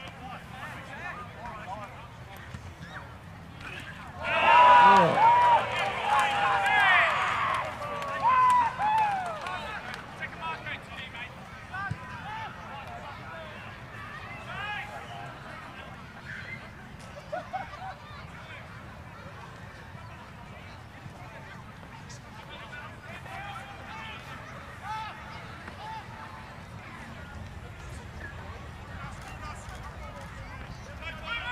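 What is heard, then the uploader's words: Crowd voices and chatter fill a rugby league match, with a loud burst of shouting and excited voices from about four to eight seconds. After that the murmur settles into a steady hum of talk, with scattered individual calls and a low rumble underneath. Bishop Park - Queensland Rugby League (field recording). Composite field recording taken at the Queensland Rugby League match between the Norths Devils and the Souths Logan Magpies. The match was played at the Norths Devils home ground at Bishop Park, Nundah (Brisbane), Queensland, Australia.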